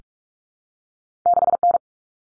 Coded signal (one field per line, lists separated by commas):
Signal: Morse code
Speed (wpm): 44 wpm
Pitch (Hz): 700 Hz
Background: none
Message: 6N